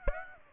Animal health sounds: mosquito wingbeat signal from an infrared sensor; Aedes aegypti

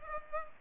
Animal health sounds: mosquito wingbeat signal from an infrared sensor; Culex pipiens

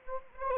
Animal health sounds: mosquito wingbeat signal from an infrared sensor; Anopheles gambiae

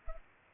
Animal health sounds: mosquito wingbeat signal from an infrared sensor; Culex pipiens

